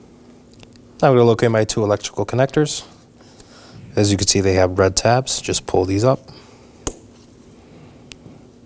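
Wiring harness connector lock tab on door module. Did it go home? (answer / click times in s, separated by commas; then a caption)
released / 6.9 s, 8.1 s. Someone talks while the red locking tabs on two door electrical connectors on the door module of a 2018-2024 Chevrolet Equinox are pulled up before the connectors are unplugged, during front power window motor and regulator replacement. Sharp clicks are heard at 6.9 s and 8.1 s as the tabs release.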